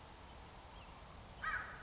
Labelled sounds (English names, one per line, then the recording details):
American Crow
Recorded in Sonoma County, California